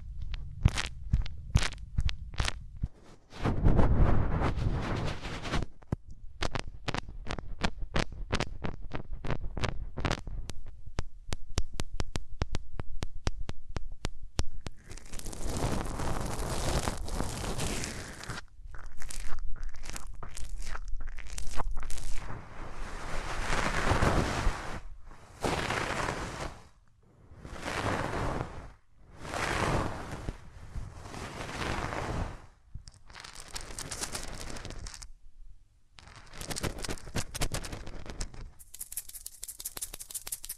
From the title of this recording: Rubbing Your Ears in My Hands Sensitive, Close Up Triggers (No Talking)